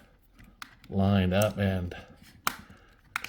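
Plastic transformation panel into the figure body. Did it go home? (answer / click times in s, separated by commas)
yes / 2.5 s, 3.2 s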